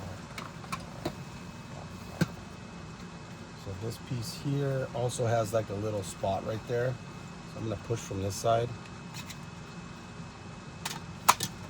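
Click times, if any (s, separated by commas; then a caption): 11.3 s. Someone talks while pushing a plastic trim piece out from one side of the passenger-side center AC vent housing in the dash of a 2003–2009 Lexus GX470, with a few faint light ticks along the way. A sharp plastic snap at 11.3 s marks the trim piece popping free and releasing from the vent assembly.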